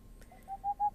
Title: Helmipöllö